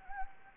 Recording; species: mosquito wingbeat signal from an infrared sensor; Anopheles gambiae